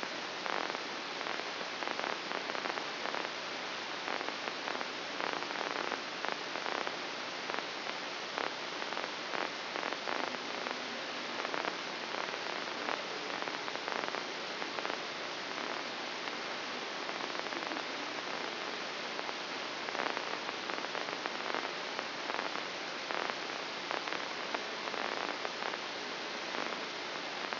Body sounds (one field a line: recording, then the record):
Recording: brain microelectrode recording played as sound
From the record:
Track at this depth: inside the subthalamic nucleus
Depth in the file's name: 5.506 mm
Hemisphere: left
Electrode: 2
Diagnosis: Parkinson's disease